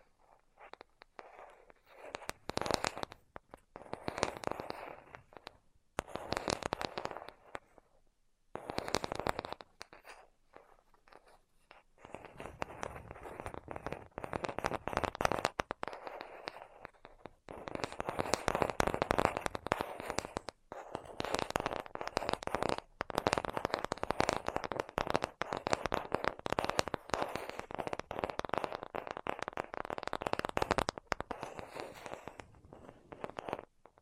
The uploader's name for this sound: Tapping Tingle Immunity Treatment (No Talking)